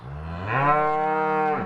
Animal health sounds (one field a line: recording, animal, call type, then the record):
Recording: contact call of a hoofed animal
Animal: cattle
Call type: low-frequency (closed-mouth) or high-frequency (open-mouth) call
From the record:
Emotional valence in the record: negative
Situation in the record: physical separation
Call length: 1.66 s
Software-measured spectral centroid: 1170 Hz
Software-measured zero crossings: 1550 a second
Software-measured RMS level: -23 dBFS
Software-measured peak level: -8 dBFS